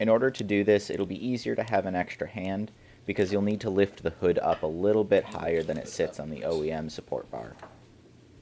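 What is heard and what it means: On a 2014-2019 Fiesta ST, the lower socket of a Dark Ice Designs gas hood strut is being handled for fitting onto the ball stud on the bracket, with the hood lifted higher than it sits on the OEM support bar. Someone talks throughout and no click or tick is heard. Nothing has seated or clicked yet.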